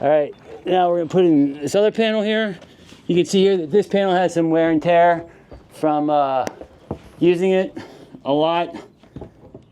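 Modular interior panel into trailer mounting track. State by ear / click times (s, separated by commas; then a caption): not seated / none. Someone talks while handling a worn modular wall/floor panel, showing wear from heavy use, about to be pushed into the mounting track of a cargo trailer camper. A brief faint knock comes near 9.2 s, but nothing has seated or clicked yet.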